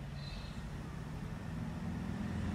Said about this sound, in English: Now a truck going past.